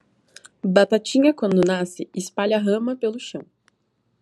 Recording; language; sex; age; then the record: short text; Brazilian Portuguese; female; 20 to 29 years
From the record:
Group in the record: control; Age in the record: 25 years